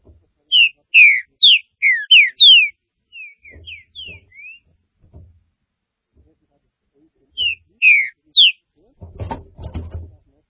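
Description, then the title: Green-winged saltator song: a rapid string of bright falling whistles, softer notes, then a short repeat, ending with a burst of clattering noise. "Trinca Ferro"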